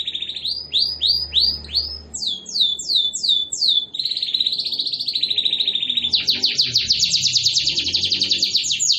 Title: LANGSUNG NYAUT GACOR DOR Kenari Manasaja, Dengan Kicau Kenari GACOR NGOTOT ROLL PANJANG